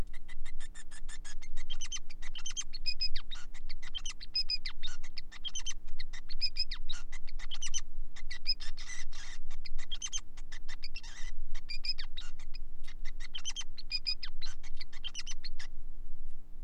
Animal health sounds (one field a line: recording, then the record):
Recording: song of a male Bengalese finch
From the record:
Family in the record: son of father 5